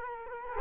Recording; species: mosquito wingbeat signal from an infrared sensor; Culex quinquefasciatus